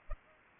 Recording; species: mosquito wingbeat signal from an infrared sensor; Culex pipiens